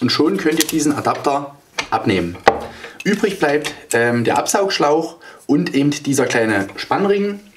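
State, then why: Not seated. A dust extraction hose with a small clamping ring, its adapter taken off, is handled at the click coupling connection of a Bosch GAS 35 L AFC industrial vacuum cleaner while someone talks throughout. A sharp sound arrives at the very end, around 7.6 s, but nothing has seated or clicked yet.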